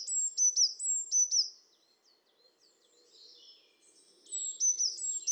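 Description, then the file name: Eurasian blue tit producing two short bursts of high, quickly repeated thin notes with a quieter gap between them and faint low rustling in the background. "Cyanistes caeruleus"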